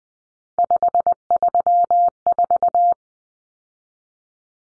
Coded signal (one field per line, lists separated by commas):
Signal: Morse code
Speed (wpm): 20 wpm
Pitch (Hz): 700 Hz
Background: none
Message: 534